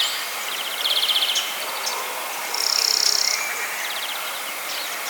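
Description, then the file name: European greenfinch song: short buzzy pulsed trills and a sustained high whistle, against a steady hiss of background noise. "Chloris chloris"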